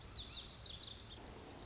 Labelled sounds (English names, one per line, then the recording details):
Lazuli Bunting
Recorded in Sonoma County, California